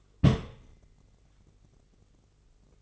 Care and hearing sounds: daily activity, microphone in the room; place on stove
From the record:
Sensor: 4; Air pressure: 996.2 hPa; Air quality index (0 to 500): 72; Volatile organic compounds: 3 ppm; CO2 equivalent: 1341 ppm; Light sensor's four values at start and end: 18/50/19/20 and 18/50/19/20

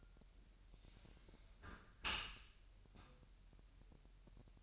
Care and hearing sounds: daily activity, microphone in the room; close dishwasher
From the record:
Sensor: 2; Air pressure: 1000.4 hPa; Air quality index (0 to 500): 246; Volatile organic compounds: 92 ppm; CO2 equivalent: 3699 ppm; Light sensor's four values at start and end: 9/21/9/9 and 9/21/9/9

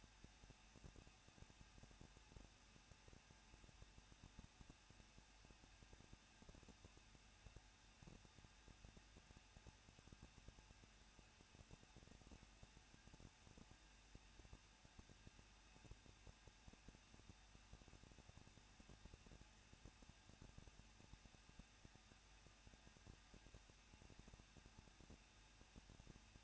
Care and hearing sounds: daily activity, microphone in the room; no activity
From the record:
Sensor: 2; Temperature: 21.0 degrees Celsius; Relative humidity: 37.3%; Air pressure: 1006.2 hPa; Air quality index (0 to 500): 221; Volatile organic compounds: 24 ppm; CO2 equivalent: 2797 ppm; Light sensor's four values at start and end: 2/3/2/2 and 2/3/2/2

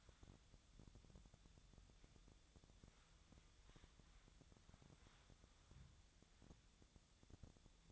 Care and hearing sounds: daily activity, microphone in the room; wipe stove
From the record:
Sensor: 3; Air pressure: 1004.8 hPa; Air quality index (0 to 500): 80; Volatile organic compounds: 2 ppm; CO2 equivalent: 1212 ppm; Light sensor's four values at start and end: 8/18/7/7 and 8/18/7/7

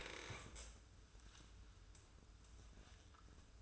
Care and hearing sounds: daily activity, microphone in the room; stand up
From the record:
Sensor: 2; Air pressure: 994.3 hPa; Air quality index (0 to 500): 202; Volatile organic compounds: 1000 ppm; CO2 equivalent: 6650 ppm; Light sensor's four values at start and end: 109/259/112/117 and 87/196/87/92

